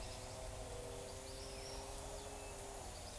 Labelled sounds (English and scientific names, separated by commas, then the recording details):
none
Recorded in forest near Pivijay, Magdalena, Colombia, on 4 June 2023 at 15:30
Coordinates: 10.467, -74.380
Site Z5-G034